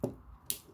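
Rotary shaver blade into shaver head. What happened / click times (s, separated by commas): The small blade head snapped home / 0.5 s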